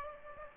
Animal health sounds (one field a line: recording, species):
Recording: mosquito wingbeat signal from an infrared sensor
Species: Aedes aegypti